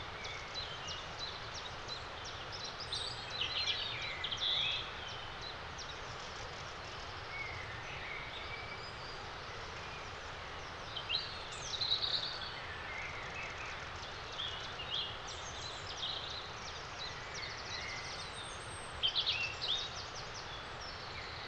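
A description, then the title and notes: Wind over an open landscape makes a steady, dense rushing that fills the whole clip. Brief bright bird calls break through now and then, clustering around four, twelve and nineteen seconds, with quieter chirps scattered between. The soundview of this wide panoramic landscape changes with the wind.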